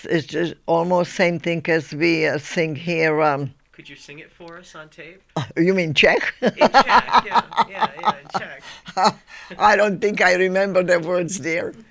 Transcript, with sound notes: It's just almost same thing as we sing here, uh....
Could you sing it for us on tape?
You mean Czech?! (she laughs heartily)
In Czech, yes, yeah, in Czech.
I don't think I remember the words, dear.